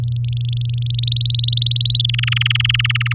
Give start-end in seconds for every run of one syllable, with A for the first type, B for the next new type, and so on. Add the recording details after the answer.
0.00-1.00 A, 1.03-2.02 B, 2.04-3.13 C. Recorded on 8 May 2018 at 15:43. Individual llb16